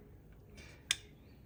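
A torque wrench is pulled on the rear axle bearing adjusting nut of a 2017 Ford F350 dually pickup truck, set to 70 ft-lb. Over a quiet low background, a single sharp, fast-decaying click rings out at 0.9 s as the wrench reaches its setting.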